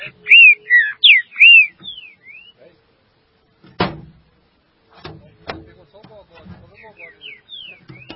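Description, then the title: Green-winged saltator song: a burst of loud, clear whistled slurs over the first two seconds, then softer whistles among sharp clicks and knocks. "Trinca Ferro"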